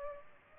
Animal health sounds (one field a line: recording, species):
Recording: mosquito wingbeat signal from an infrared sensor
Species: Culex pipiens